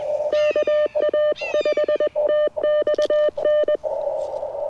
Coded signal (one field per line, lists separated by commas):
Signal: Morse code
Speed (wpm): 21 wpm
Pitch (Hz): 1200 Hz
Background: none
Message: KA5TXN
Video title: QRP CW POTA with K2 and 40-10 EFHW